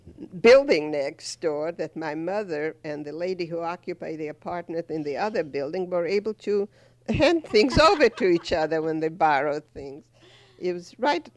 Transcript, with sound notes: building next door that my mother and the lady who occupied the apartment in the other building were able to hand things over (they laugh) to each other when they borrowed things. It was